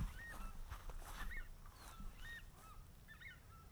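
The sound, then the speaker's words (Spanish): A southern screamer calls repeatedly, giving a string of loud, honking, trumpet-like notes over a steady rushing background noise, with no voices. “¿Qué es eso? Chajá.”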